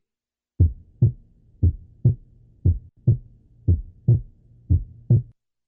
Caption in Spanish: Un desdoblamiento del segundo ruido durante la expiración y un ruido único durante la inspiración.